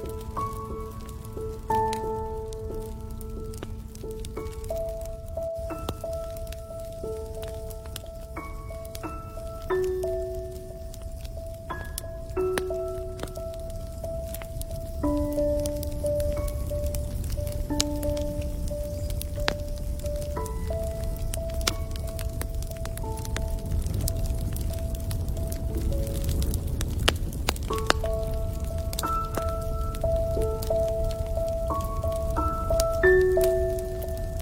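A campfire burns with a steady low roar, scattered sharp crackles and pops, and thin, shifting whistles of steam hissing from the wood.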